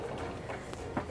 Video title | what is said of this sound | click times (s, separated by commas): 2020 Newmar Kountry Star | lock into place so | 0.7 s, 1.0 s